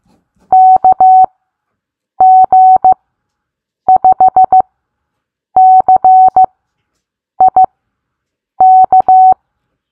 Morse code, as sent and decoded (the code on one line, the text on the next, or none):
-.- --. ..... -.-. .. -.-
KG5CIK